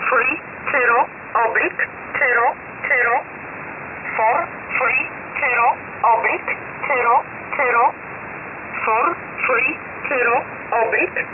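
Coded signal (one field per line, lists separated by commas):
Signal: numbers station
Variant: E11 Oblique, English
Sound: a voice reading single spoken digits, mostly 'zero', at an even steady pace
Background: radio static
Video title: 23 12 2021 Number station E11 Oblique in English to Eu 0820 on 5149 unknown tx site in USB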